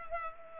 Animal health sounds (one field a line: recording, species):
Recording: mosquito wingbeat signal from an infrared sensor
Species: Culex pipiens